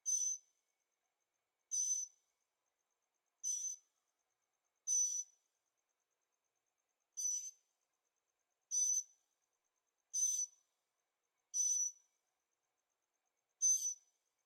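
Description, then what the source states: Bird calls: short, high, harsh notes repeated at uneven intervals, about nine across the stretch, with a faint steady high tone between. Birds singing at night in Carefree, Arizona; recorded in stereo on a Zoom H6.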